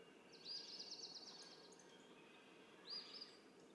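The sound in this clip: Red-winged blackbird song: a quiet buzzy, ladder-like trill held for about a second, then a brief high note near the end, over steady background hiss.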